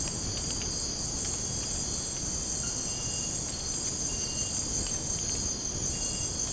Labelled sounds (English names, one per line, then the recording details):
none
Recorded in secondary vegetation near Puerto Asís, Putumayo, Colombia, on 19 March 2025 at 00:00
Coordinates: 0.481, -76.318
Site G097